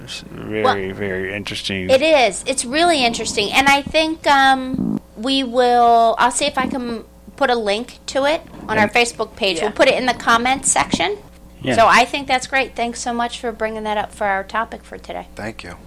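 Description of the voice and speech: A woman speaks clearly and fluently at an easy pace, wrapping up a group discussion as its host; ordinary speech.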